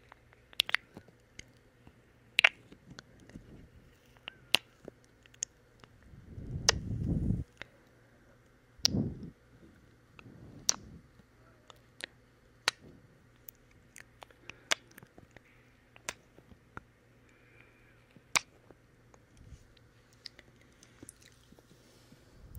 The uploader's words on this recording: Wet Mouth and Kissing Sounds. No talking.